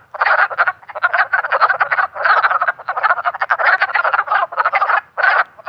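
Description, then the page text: Wood frog chorus of rapid hoarse clucks and quacking croaks, many callers overlapping with brief lulls. Recorded in Maryland by Kendrick Trepanier, shared via iNaturalist. "Wood Frog ( Lithobates sylvaticus ). Wood Frog by Kendrick Trepanier via iNaturalist"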